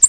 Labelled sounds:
American Redstart flight call

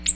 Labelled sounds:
Ovenbird flight call

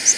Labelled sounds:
Kentucky Warbler flight call

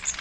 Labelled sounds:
Magnolia Warbler flight call

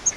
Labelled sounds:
Grace's Warbler flight call

